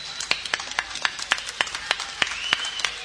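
A band claps for its audience at the end of their show, about a dozen crisp, bright claps in a steady, fairly even rhythm over three seconds, with no voices.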